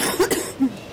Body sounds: coughing mixed with background sound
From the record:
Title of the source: 30 Chesty and wet cough

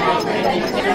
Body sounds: background sound without coughing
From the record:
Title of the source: Nightlife Party Simulating Party Club Noise 1 Hour

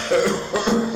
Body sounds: coughing mixed with background sound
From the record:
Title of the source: Wet Throat Infection Cough

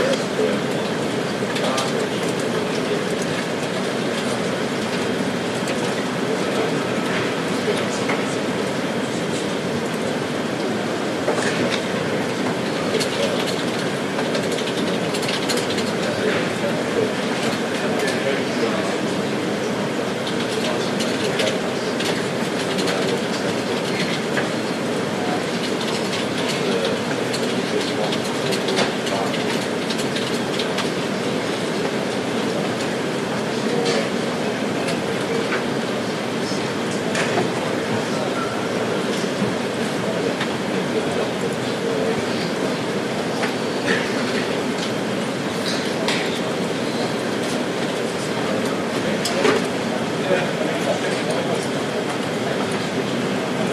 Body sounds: background sound without coughing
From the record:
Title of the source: Office Sounds Ambience - Background Noise for Study and Work

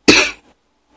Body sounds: coughing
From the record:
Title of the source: 64 coughing, allergies, singing lungs

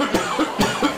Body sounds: coughing mixed with background sound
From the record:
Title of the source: Spring Allergy Coughing

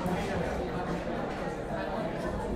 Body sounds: background sound without coughing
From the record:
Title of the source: 60 minutes of coffee shop sounds for study and concentration

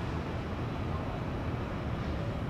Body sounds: background sound without coughing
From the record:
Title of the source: 30 MINUTES Construction Site Ambience (CC BY 4.0)

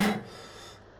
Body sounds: coughing mixed with background sound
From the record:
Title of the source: Man Coughing Sound - Wet Cough Sound Effect

